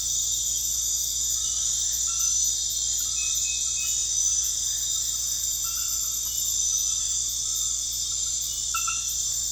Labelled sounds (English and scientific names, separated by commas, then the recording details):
none
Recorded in pastures near Puerto Asís, Putumayo, Colombia, on 8 March 2025 at 23:30
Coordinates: 0.502, -76.324
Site GP07